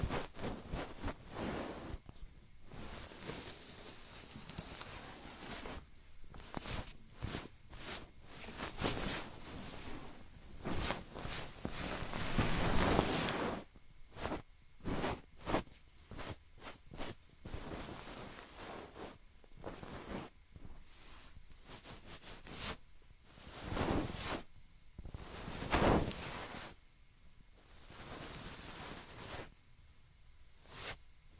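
Ear picking and ear massage, made up of dense scratchy rustles and scraping strokes that come in quick irregular bursts throughout. Louder, fuller rubbing swells around 12 to 13 seconds and again near 24 and 26 seconds, with brief quiet gaps between strokes.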